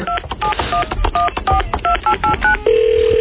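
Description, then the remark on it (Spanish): A phone number being dialed, the number of a bear called Felino: about ten quick touch-tone beeps in an uneven rhythm, followed by a steady, continuous tone that holds to the end. No one speaks. “Bueno, marcamos el número de Felino, el oso que supuestamente se ha comido a los 3 repartidores de la pizzería de Jimmy.”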